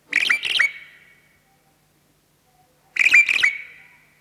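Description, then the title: Javan pied starling calls: two harsh, raspy double-note bursts with a thin whistled tail, about three seconds apart. "Jalak Uren"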